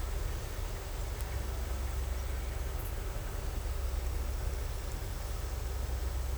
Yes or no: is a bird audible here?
no